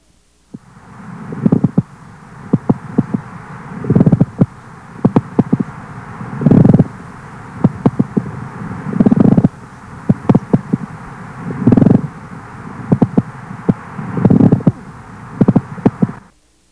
A pleural friction rub when the surface is thickened by fibrin deposits or coarsened by inflammatory neoplastic cells, the sliding motion is impeded by frictional resistance. The sound produced, the pleural friction rub, resembles the sound of leather sliding on leather.